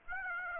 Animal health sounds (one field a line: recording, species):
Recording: mosquito wingbeat signal from an infrared sensor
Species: Aedes aegypti